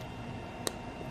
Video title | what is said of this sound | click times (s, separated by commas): How To Fix Searching GPS Signal On Any Cell Mobile Phone Samsung Android iPhone | you heard a little snap I popped it back | 0.7 s